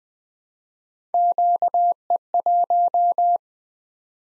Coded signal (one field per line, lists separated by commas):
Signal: Morse code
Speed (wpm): 20 wpm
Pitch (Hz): 700 Hz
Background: none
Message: QE1